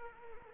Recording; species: mosquito wingbeat signal from an infrared sensor; Anopheles arabiensis